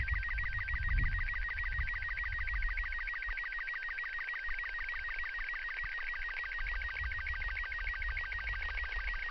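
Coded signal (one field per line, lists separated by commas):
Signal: SSTV (slow-scan television)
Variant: Robot 36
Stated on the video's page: SSTV images transmitted by an astronaut from a polar-orbiting SpaceX spacecraft for an educational puzzle competition.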